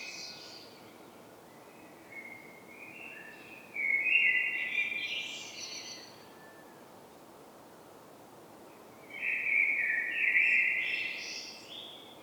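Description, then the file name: Common blackbird giving two fluted song phrases a few seconds apart, mellow low whistling with high squeaks. "Turdus merula"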